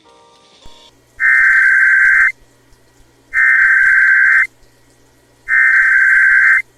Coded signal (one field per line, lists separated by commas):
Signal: Emergency Alert System (SAME) tones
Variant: header bursts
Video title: Washington State EOC Required Monthly Test EAS